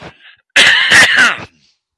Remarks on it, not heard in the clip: Pardon me, I have to cough. I've had a bad cold this week. I get a scratchy throat and I get congested.